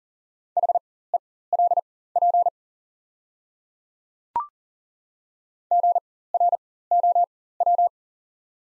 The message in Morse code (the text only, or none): HELP GROW